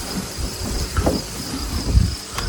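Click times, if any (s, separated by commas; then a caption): none. Someone works the emergency release cable end into the trunk lid latch of a Mk. 4 Volkswagen Jetta, producing low handling knocks and rattles with sharper bumps around 1.0 s and 2.4 s. Nothing has seated or clicked yet; the cable is still being handled.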